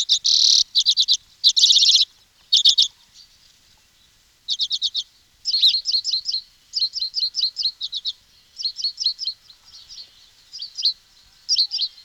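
Bird song opening with loud buzzy trills, then after a pause a series of quicker stuttering chirp phrases.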